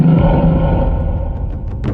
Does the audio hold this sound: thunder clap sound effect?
no